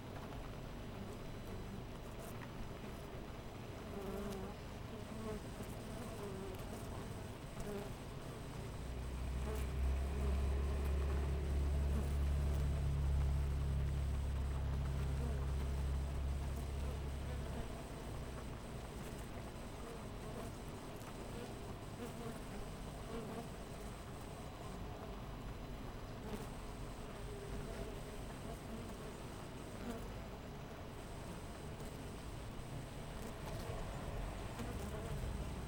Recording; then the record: honeybee colony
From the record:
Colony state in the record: missing queen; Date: 14 July 2017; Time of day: 5:42